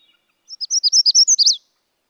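Magnolia warbler song: a short, high, sweet phrase of quick slurred notes lasting about a second, ending in a downslurred flourish.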